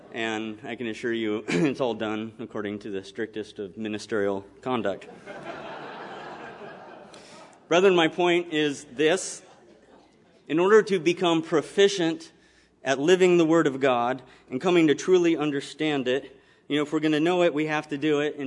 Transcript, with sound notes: And I can assure you, it's all done according to the strictest of ministerial conduct. [audience laughs] Brethren, my point is this. In order to become proficient at living the Word of God and coming to truly understand it, you know, if we're gonna know it, we have to do it.